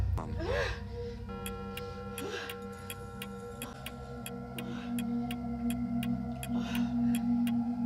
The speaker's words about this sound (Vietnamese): Tiếng kim đồng hồ trong phòng lại vang lên một cách đầy ám ảnh.